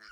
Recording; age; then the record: pig call; piglet (1 to 25 days)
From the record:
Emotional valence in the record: positive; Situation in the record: reunion after long isolation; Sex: male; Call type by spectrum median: low-frequency call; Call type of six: low-frequency tonal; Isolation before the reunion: 8 minutes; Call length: 0.13 s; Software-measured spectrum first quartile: 1461 Hz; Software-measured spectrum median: 2153 Hz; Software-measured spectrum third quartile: 4625 Hz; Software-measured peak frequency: 1465 Hz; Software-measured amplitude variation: 42 dB a second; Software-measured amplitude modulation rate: 7.8 a second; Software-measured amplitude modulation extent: 5.3 dB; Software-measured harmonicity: 3.6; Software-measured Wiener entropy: -2.34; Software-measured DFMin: 838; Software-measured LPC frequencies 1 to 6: 1413, 2840, 4257, 4976, 5413, 6849 Hz